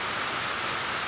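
Northern waterthrush giving a single brief, very high, thin note against steady hiss.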